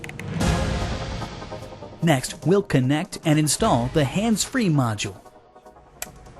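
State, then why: Seated. A hands-free module connector is pushed into the vehicle harness as the module is connected and fitted, and it seats with a sharp click at 6.0 s. Someone talks over background music beforehand, and the connector clicks in.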